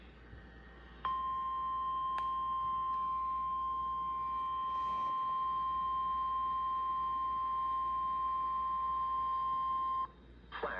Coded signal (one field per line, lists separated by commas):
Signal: Emergency Alert System (SAME) tones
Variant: 1050 Hz attention tone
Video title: Flash flood warning from hurricane Lala (EAS #33)